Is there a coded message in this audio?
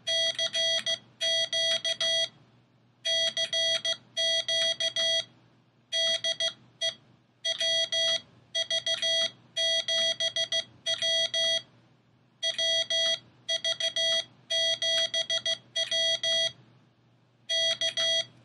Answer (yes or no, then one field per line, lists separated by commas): yes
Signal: Morse code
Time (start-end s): 0.1-18.2 s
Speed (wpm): 15 wpm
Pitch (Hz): 3300 Hz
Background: none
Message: CQ CQ DE WV7W WV7W K